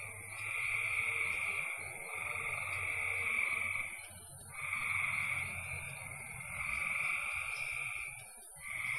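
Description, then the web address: Frog giving long sustained trills with brief breaks, over a low rumbling noise. "cn frogs"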